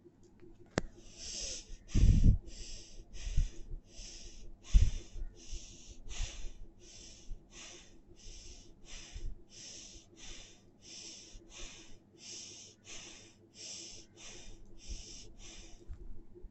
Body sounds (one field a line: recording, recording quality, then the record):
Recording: shallow breathing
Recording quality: excellent, no background noise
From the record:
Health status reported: healthy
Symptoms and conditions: none ticked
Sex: female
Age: 33 years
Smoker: not ticked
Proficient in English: yes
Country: India